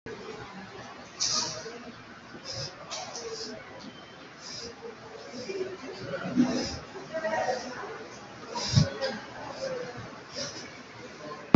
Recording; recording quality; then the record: deep breathing; excellent, no background noise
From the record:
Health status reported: COVID-19 positive, mild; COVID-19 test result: positive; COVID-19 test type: RT-PCR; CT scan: taken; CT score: 5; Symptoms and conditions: cough, cold, sore throat, diabetes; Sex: male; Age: 43 years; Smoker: no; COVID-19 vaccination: one dose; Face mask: not worn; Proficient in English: yes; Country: India